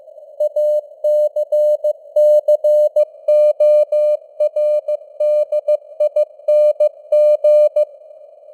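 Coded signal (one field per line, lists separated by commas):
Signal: Morse code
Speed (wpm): 15 wpm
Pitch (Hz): 600 Hz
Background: none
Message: ACCORDING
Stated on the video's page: Simulated Morse news headlines at 15 wpm with simulated radio noise and fading (QSB).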